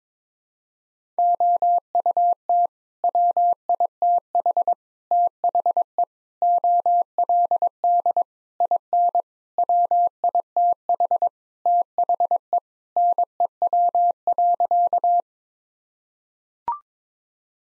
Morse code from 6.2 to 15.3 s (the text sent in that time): OLD IN WITH THE NEW.